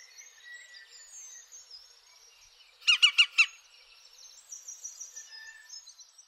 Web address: Sounds greenwoodpecker